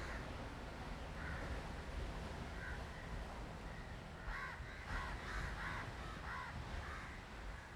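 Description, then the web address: Crows cawing: a few faint harsh notes early, then a quicker run of caws midway, all over a heavy low rumble. Street in South India, 2018. "South India street recordings crows"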